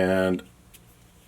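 Someone talks briefly at the start while handling a new folding knife whose blade is really stiff and locks almost too positively, likely needing slight loosening as is common with new, less expensive blades. Then only faint, quiet handling noise follows. The blade has not yet snapped into its detent or lock, and no click has happened yet.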